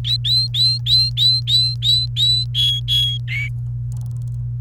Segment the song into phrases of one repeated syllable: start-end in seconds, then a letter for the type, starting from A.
0.04-2.44 A, 2.54-3.48 B